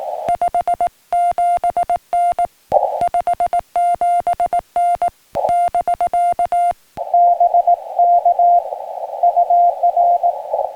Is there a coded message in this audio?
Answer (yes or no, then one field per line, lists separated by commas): yes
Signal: Morse code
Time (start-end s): 0.3-10.3 s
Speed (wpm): 18 wpm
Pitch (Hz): 700 Hz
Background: music, radio noise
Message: 57N 57N <BK> BK UR